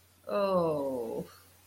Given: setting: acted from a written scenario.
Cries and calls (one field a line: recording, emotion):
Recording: vocal sound without words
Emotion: shame